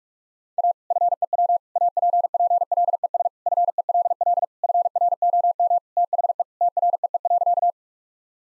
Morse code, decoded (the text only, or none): A FEW APPLES FELL FROM THE TREE.